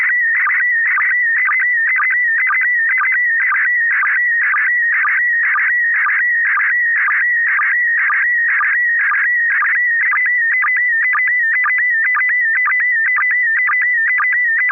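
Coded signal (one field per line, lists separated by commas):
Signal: SSTV (slow-scan television)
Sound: warbling tone near 2 kHz with steady rhythmic low chirps about twice a second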